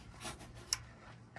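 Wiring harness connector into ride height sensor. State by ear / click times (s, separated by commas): seated / 0.7 s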